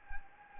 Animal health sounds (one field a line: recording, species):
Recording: mosquito wingbeat signal from an infrared sensor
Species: Anopheles gambiae